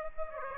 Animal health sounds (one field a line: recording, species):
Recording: mosquito wingbeat signal from an infrared sensor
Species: Aedes aegypti